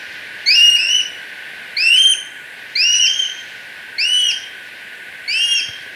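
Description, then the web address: Plain-breasted Hawk uttering drawn-out, slightly rising squeals, five in a row at even intervals. Recorded in Ecuador. "Birds of Ecuador. Plain-Breasted Hawk"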